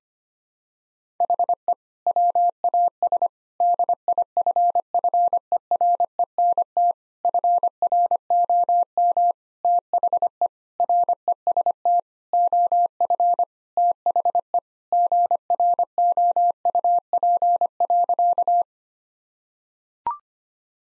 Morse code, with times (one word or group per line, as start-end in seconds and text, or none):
1.2-1.7 HE
2.1-3.3 WAS
3.6-6.9 DIFFERENT
7.2-9.3 FROM
9.6-10.5 THE
10.8-12.0 REST
12.3-13.4 OF
13.8-14.6 THE
14.9-18.6 GROUP.